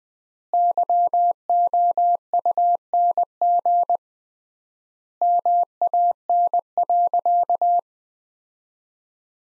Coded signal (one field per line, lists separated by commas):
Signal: Morse code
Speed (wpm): 20 wpm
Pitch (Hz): 700 Hz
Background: none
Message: YOUNG MAN.